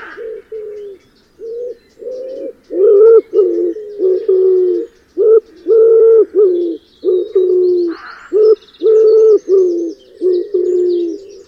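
Wood pigeon cooing loudly, a long series of deep, muffled notes with short gaps, with faint chirps from other birds now and then.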